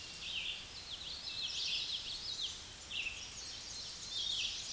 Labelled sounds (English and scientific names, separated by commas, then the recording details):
Common Yellowthroat (Geothlypis trichas) song
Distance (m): 25 m
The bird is about level with the microphone
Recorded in a Pennsylvania forest on 16 May 2024 at 06:30
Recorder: AudioMoth, point MSD-2095
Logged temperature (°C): 16.3 °C
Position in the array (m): 156 m, 85 m